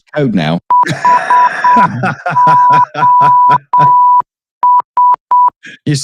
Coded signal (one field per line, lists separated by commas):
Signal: Morse code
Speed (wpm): 7 wpm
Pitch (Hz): 990 Hz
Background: speech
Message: HOS